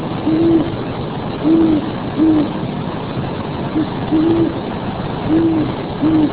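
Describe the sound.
Owl calling with several soft, low hoots at irregular intervals, over faint background rumble.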